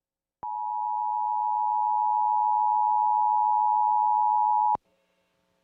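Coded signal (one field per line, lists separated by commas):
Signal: Emergency Alert System (SAME) tones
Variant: 853 and 960 Hz attention tone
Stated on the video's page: Heard on an AM station's livestream.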